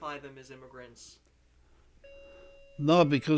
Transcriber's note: a clock chimes in the background